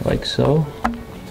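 The electrical plug for the expansion tank level sensor is handled at its plastic socket during a Mishimoto aluminum radiator install on an E36/E30, while someone talks over background music. A short sharp knock is heard at 0.9 s, but nothing has seated or clicked yet; the plug is not yet home when the clip ends.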